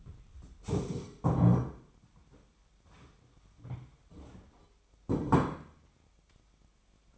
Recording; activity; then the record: daily activity, microphone in the room; stand up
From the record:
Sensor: 1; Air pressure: 1007.9 hPa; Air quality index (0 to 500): 192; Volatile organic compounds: 17 ppm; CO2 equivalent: 2596 ppm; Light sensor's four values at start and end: 13/33/13/15 and 13/32/13/14